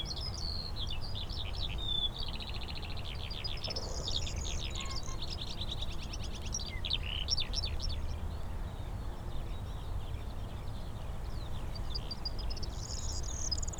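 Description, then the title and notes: Eurasian skylark singing a fast, rambling stream of high twittering and trilled notes for about eight seconds, then quieter scattered phrases, with a steady low rumble beneath. Skylarks singing in fields around St. Isidore's wayside shrine, Sosna Góra, Siemianowice Śląskie, Poland; Saturday 18 May 2019; Zoom H5, Audio-Technica BP4025. "Unnamed Road, Siemianowice Śląskie, Polska - skowronek przy kapliczce św. Izydora. Sobota, 18 maja 2019. Wśród pól znajduje się kapliczka świętego Izydora na Sosnej Górze. W polu śpiewają skowronki i brzęczą owady. W tle słychać strzelnicę. Nagrania terenowe Siemianowic Śląskich - Dźwiękowy Portret Miasta"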